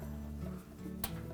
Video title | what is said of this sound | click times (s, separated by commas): Dryer Repair - Replacing the Heater Element (Whirlpool Part # 8544771) | Press that clip until it snaps together. | 1.0 s